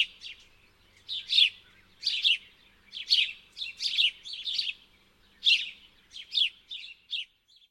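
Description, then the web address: House sparrow calls: bursts of rough, buzzy chirps, about one cluster each second, uneven in rhythm, trailing off near the end. "Graspurv"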